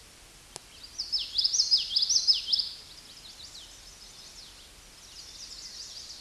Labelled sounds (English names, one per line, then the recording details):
Common Yellowthroat song
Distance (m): 10 m
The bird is about level with the microphone
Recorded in a Pennsylvania forest on 16 May 2024 at 09:55
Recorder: AudioMoth, point MSD-2061
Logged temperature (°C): 16.1 °C
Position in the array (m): 235 m, 178 m